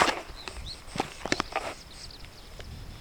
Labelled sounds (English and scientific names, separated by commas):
Superb Starling (Lamprotornis superbus) flight call